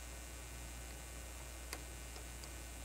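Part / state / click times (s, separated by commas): needle bar engaging in the embroidery machine head / seated / 1.7 s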